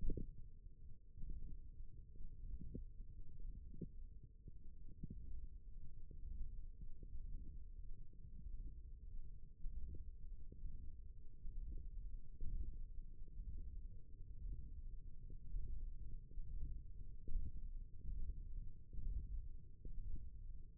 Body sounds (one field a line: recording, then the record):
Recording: forearm muscle sounds (acoustic myography)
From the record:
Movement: hand opening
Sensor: system 1, eight BSWA MPA416 microphones around the upper forearm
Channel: 4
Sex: male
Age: 23 years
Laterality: right